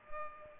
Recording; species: mosquito wingbeat signal from an infrared sensor; Culex pipiens